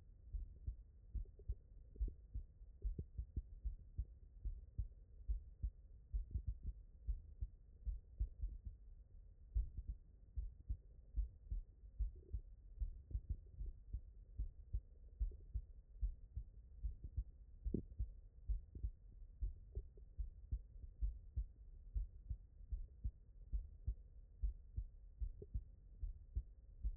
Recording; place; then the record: heart sounds by stethoscope; tricuspid valve (TV)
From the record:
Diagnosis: non-HFrEF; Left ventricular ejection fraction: 45%